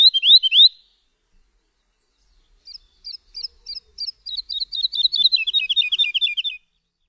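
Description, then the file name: Woodlark singing: a brief rolling phrase, a pause, then spaced sweet notes quickening into a fast, descending, fluty trill. "LERKA"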